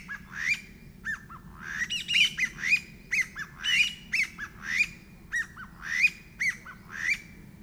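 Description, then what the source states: Chinese bamboo partridge giving loud, harsh, rising squawked notes in a quick repeated series over a soft low background hum. Recorded 23 March 2008.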